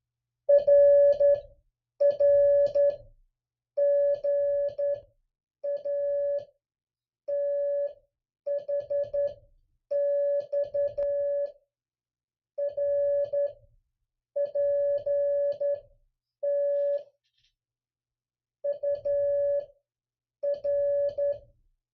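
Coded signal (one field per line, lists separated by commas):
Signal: Morse code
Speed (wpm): 11 wpm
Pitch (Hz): 570 Hz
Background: none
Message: RR GA THX R PT UR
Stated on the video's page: Morse code copy practice exchange.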